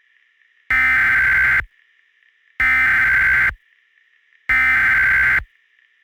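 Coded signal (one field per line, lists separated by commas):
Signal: Emergency Alert System (SAME) tones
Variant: header bursts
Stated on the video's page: Fictional analog-horror EAS law enforcement warning, not real.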